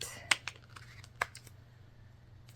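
A detachable heel is removed from a convertible shoe sole by reversing its fitting: the button is pressed, then the heel is twisted and pulled until it unlocks and comes off. Several sharp clicks are heard, the loudest at 0.3 s and 1.2 s, with lighter ticks and faint rustling between them over a low steady hum. The heel is released.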